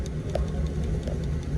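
An enlarged plastic paddle shifter for a BMW M340i steering wheel is pushed onto its mount, bottom first. A short, sharp click lands at 0.4 s, with a fainter tick near 0.1 s over a steady low rumble. The paddle seats on its mount.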